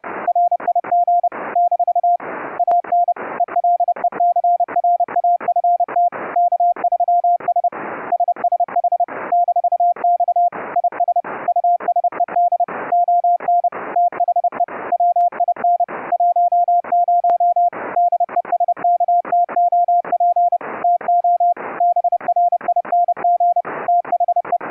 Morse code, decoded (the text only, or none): RIG - AN ELECRAFT K3S SSH -X IS USED ON THE WIN 10 DESKTOP TO BRING THE